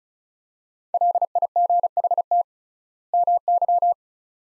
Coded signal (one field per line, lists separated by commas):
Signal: Morse code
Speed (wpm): 34 wpm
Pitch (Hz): 700 Hz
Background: none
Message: LIGHT MY